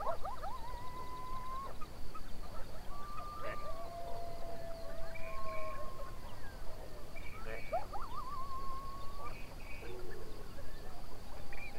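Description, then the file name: Coyotes howling in short bursts, quavering notes that rise and level off, repeated several times with brief pauses between, over background hiss. Several coyotes, recorded 21 June 2007 at 04:20. "070621-0420 coyotes"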